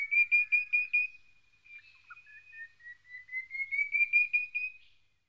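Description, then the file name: White-browed robin-chat song: a rapid series of loud whistled notes that fades, dips lower, then builds back up in pitch and volume. "Cossyphe-d Heuglin-Cossypha-heuglini-White-Browed-robin-chat-Weissbrauenrotel"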